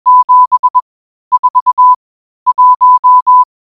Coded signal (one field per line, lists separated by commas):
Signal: Morse code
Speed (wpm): 21 wpm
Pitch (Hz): 1000 Hz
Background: none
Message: 7 4 1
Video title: How to receive an image from the Space Station (ISS) using an SDRplay radio